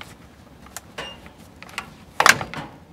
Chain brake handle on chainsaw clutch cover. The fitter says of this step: and you heard it click so we're going to see now